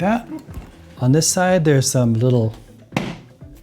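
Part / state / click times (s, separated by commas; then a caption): bumper cover locating pins into bracket holes / seated / 3.0 s. On a 2017 BMW i3, the bumper side is pushed so the small plastic pins of the bumper cover pass through the mounting holes in the bracket. Someone talks, then one loud, sharp click sounds at 3.0 s as the pins snap through and the bumper seats.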